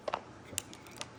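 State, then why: Released. A plastic key fob shell is pried apart, giving several small, sharp clicks. The loudest click comes at 0.6 s as the shell halves separate and the case pops open.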